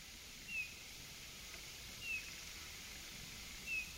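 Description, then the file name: Eurasian bullfinch calling with three gentle, descending piped whistles spaced about one and a half seconds apart against a constant background hiss. "Pyrrhula pyrrhula"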